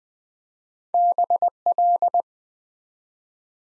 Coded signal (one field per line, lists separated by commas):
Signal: Morse code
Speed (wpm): 20 wpm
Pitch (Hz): 700 Hz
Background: none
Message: BL